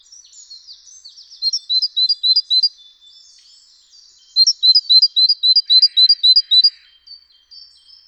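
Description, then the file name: Great tit song: a short burst of quick, high two-note phrases, a pause, then a longer run, with soft lower chatter during it. "Parus major"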